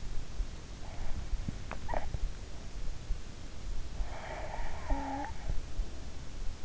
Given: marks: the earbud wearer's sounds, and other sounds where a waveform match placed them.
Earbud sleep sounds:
sounds in sleep by an in-ear microphone; teeth grinding, swallowing, snoring breath
1.41-2.28 s: teeth grinding
1.88-2.14 s: swallowing
3.81-6.41 s: snoring breath

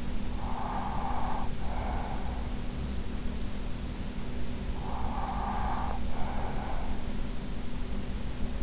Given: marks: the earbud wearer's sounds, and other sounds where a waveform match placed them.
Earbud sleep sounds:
sounds in sleep by an in-ear microphone; breath
0.00-2.81 s: breath
4.52-7.08 s: breath

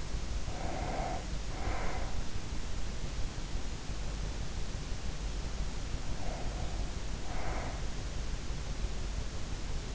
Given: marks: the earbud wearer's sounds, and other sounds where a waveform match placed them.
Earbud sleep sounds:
sounds in sleep by an in-ear microphone; breath
0.00-2.61 s: breath
5.70-8.22 s: breath

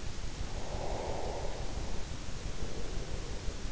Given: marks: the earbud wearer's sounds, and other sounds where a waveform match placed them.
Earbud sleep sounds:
sounds in sleep by an in-ear microphone; breath
0.54-3.72 s: breath

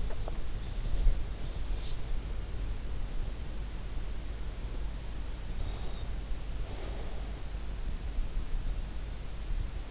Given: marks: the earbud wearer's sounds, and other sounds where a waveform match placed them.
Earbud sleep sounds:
sounds in sleep by an in-ear microphone; swallowing, breath
0.00-0.44 s: swallowing
5.48-7.54 s: breath

